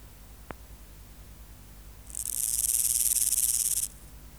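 Grasshopper (Omocestus antigai): grasshopper song, a single pulsed rasping burst lasting almost two seconds, swelling quickly and stopping abruptly, after a lone faint click earlier.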